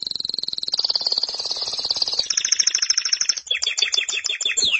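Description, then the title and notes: Canary song: a long rapid rolling trill that rises slightly, switching to a higher trill and then quick choppy descending notes. "BM Suara Kenari. BM Suara Burung Kenari"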